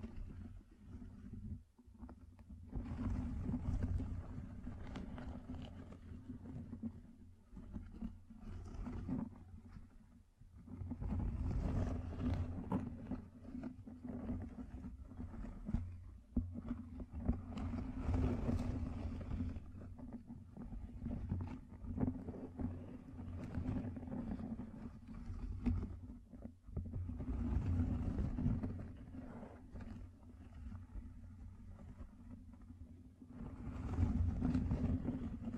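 Fingertips covered in gems tap and scratch in dense, continuous bursts, with a heavy low rumble running underneath nearly throughout. Scratchy, crackling strokes come in clusters, briefly dropping away near 2, 10 and 26 seconds before picking up again.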